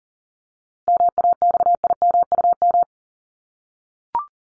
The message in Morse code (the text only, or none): MAXIMUM